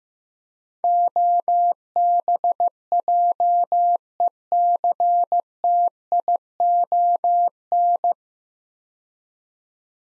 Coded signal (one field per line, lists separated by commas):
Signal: Morse code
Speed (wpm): 15 wpm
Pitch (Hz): 700 Hz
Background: none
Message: OBJECTION